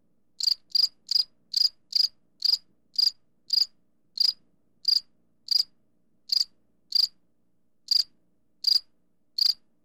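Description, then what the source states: Cicada chirping: sharp, high clicky chirps repeated in a steady series, with a few short pauses, over an otherwise quiet background. Recorded close to the calling cicada.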